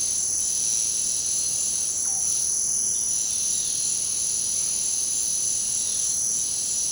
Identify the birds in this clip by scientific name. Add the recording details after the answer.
none. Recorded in dense forest near Puerto Asís, Putumayo, Colombia, on 20 February 2024 at 18:00. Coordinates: 0.503, -76.322. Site G6418